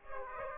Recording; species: mosquito wingbeat signal from an infrared sensor; Aedes aegypti